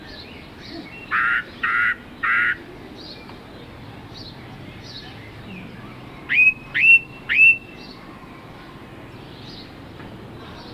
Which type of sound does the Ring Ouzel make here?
call